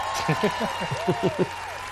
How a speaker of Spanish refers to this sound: Y efectivamente aplauden.